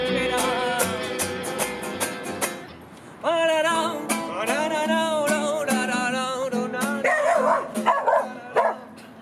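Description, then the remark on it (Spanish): A dog barks repeatedly in short, sharp bursts, mixed with higher yips and whiny, wavering cries over a steady tonal background that continues throughout. “Venga, me cagaste todo el video, perro”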